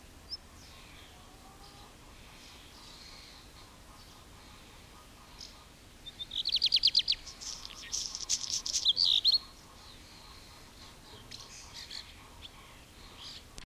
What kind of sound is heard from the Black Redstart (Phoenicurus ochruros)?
song